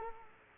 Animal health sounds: mosquito wingbeat signal from an infrared sensor; Culex quinquefasciatus

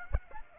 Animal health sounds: mosquito wingbeat signal from an infrared sensor; Aedes aegypti

